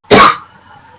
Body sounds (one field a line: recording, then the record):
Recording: coughing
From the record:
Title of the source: Barking cough - # 10